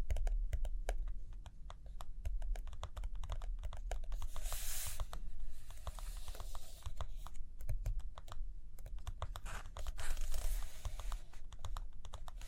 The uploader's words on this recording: ASMR Study With Me Page Turning and Tapping, Writing, Drawing (No Talking).